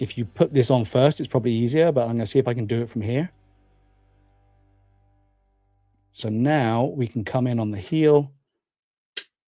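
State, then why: Seated. Someone talks while bringing an action figure's heel in toward a plastic display stand base, followed by a short pause. At 9.2 s the heel clips into the base with a solid click, and the figure stands firmly seated on its stance.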